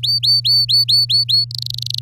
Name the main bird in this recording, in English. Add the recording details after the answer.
Domestic Canary. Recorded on 11 May 2018 at 05:48. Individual llb16